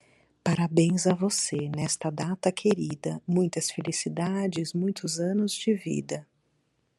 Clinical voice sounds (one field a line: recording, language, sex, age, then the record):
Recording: short text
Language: Brazilian Portuguese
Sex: female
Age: 40 to 49 years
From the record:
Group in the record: control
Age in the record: 47 years